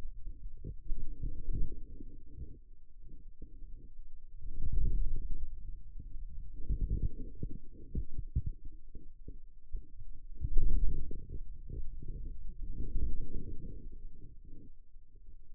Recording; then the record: forearm muscle sounds (acoustic myography)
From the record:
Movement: wrist flexion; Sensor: system 2, bracelet of six BSWA MPA416 microphones around the upper forearm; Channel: 6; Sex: male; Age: 22 years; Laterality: right